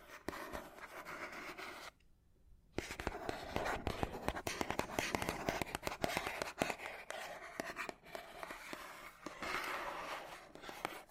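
Scratchy tapping on matte objects, a dense run of quick, irregular clicks and scrapes with a crisp, bright edge. The sound stops completely for a moment around two seconds in, then resumes just as busy, swelling slightly louder near the end.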